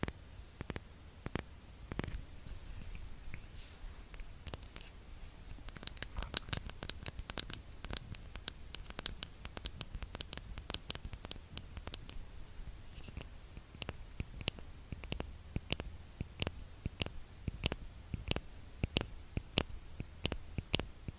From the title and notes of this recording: Asmr lipgloss tapping.